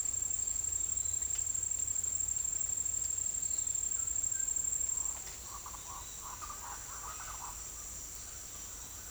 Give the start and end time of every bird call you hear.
[4.22, 7.73] bird call

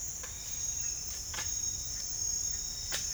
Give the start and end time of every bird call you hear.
[1.96, 3.13] bird call

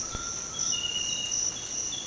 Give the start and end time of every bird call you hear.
[0.00, 1.03] bird call

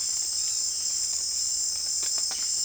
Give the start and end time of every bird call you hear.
[0.06, 0.79] bird call

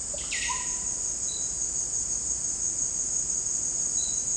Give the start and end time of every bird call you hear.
[0.09, 0.89] bird call

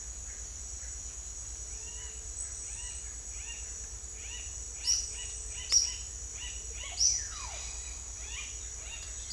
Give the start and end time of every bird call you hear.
[1.72, 7.23] bird call

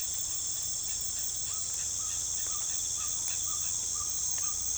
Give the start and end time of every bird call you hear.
[1.26, 4.78] bird call

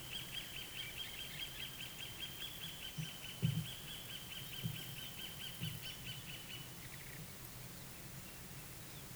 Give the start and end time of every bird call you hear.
[0.00, 6.74] bird call

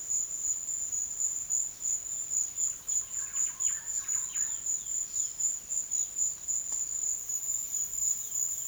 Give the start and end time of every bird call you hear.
[2.76, 6.08] bird call

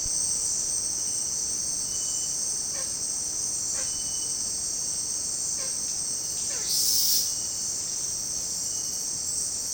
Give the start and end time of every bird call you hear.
[2.69, 6.67] bird call

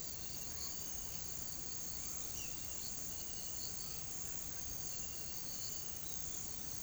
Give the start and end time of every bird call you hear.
[6.05, 6.33] bird call

